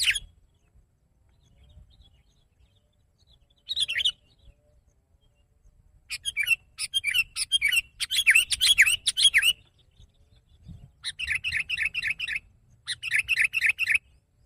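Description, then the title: Sooty-headed bulbul chirping in scattered bursts, some dense and jumbled, others neat runs of evenly spaced bright notes, separated by short silences. "kutilang"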